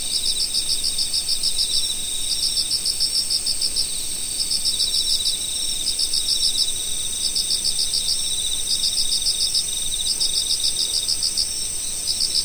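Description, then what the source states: Insects calling steadily: repeated bursts of fast pulsed chirps every one to two seconds over a continuous high-pitched drone. Autumn.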